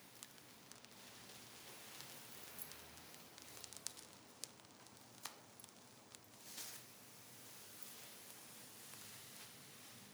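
A woman undresses in quiet, without speech or music. Soft cloth rustling and small crisp ticks come and go, with a fuller rustle a little past the midpoint, over a faint steady low hum.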